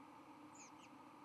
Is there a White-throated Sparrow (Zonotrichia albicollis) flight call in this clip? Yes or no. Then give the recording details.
no. Another species' flight call is heard. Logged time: 10:15 on 31 October 2014